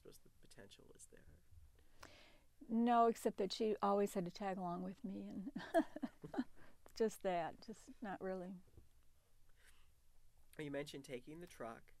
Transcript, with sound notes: I suppose the potential was there.
No, except that she always had to tag along with me, and [laughs] just that. Just, not really.
So you mentioned taking the truck